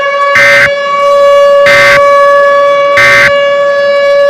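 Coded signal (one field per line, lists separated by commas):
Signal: Emergency Alert System (SAME) tones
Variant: end-of-message bursts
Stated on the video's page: Fictional EAS scenario, fake alert.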